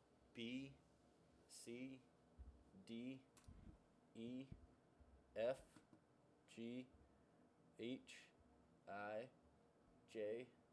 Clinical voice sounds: letters of the alphabet, spoken; free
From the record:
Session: seven days later

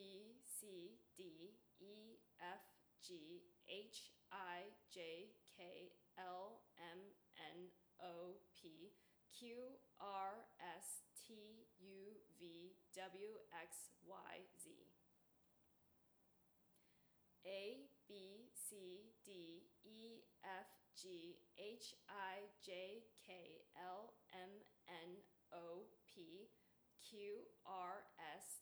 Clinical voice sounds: letters of the alphabet, spoken; free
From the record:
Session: seven days later

